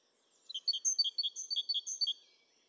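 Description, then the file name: Great tit giving a fast series of clear, high chirps that alternate up and down in pitch, then silence. "Parus major"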